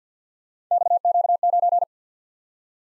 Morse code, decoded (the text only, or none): XQ9